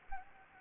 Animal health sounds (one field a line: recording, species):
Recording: mosquito wingbeat signal from an infrared sensor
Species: Anopheles gambiae